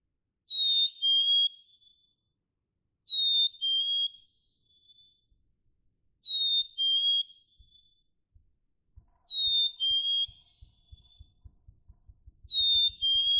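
Black-capped chickadee singing five falling two-note whistles about every three seconds, while low soft clicks start and quicken toward the end.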